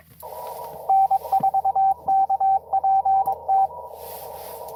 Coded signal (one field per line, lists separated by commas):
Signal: Morse code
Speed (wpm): 22 wpm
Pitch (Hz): 780 Hz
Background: radio noise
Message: N4KPT